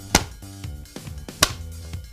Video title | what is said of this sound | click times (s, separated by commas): Norton - Paint System | the lid on to the hard cup turn it twice to the left listen for the two clicks then | 0.2 s, 1.4 s